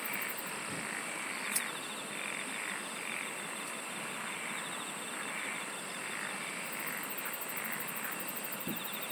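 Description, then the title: Insects in a dense chorus: a steady hiss with pulsed high trills running across the top, plus one brief click. "SINGING OF INSECTS"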